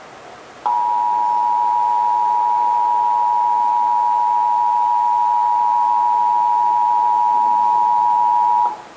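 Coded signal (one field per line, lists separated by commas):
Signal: Emergency Alert System (SAME) tones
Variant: 853 and 960 Hz attention tone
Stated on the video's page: Texas required monthly test relayed by radio and TV stations.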